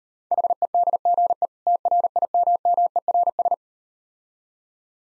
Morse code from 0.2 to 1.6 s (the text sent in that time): HEDGE